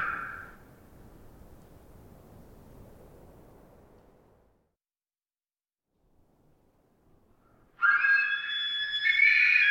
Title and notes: Wild Elk Screams. multiple herds surround campsite in early morning hours. Recorded in the Beautiful Pacific Northwest in Washington, Untied States